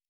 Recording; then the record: hydrophone in a shrimp aquaculture tank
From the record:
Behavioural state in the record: normal